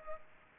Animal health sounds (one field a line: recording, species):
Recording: mosquito wingbeat signal from an infrared sensor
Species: Culex pipiens